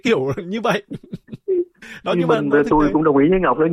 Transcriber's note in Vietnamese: cười